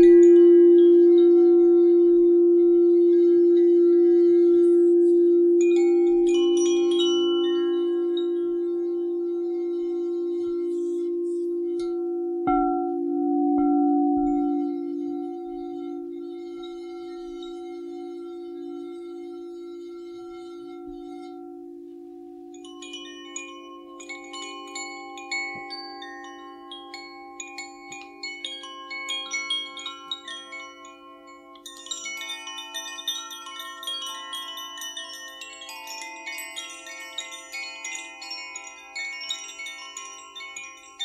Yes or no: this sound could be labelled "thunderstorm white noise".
no